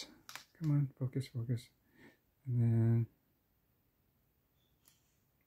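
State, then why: Released. Someone talks, then works the quick-release bolt on the strap of a Farer Lomond field watch. A single short click at 4.9 s comes as the quick-release spring bar leaves the case lugs and the strap end pops free.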